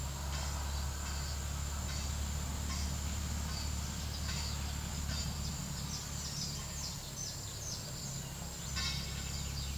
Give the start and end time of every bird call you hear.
[5.49, 8.48] bird call

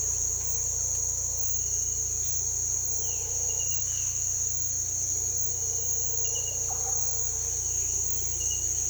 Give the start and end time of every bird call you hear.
[6.62, 6.93] bird call

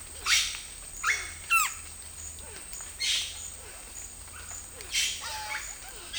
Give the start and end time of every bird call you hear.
[0.00, 2.04] bird call

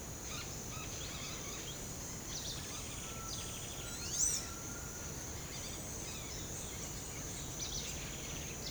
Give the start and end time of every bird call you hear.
[0.22, 1.67] bird call
[2.28, 4.43] bird call
[5.45, 6.42] bird call
[7.55, 8.70] bird call

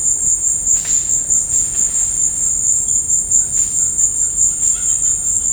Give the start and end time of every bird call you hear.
[3.67, 5.52] bird call

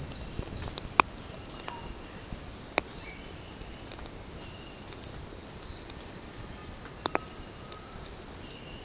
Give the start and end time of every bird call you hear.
[2.92, 3.57] bird call
[4.31, 4.94] bird call
[6.88, 8.09] bird call

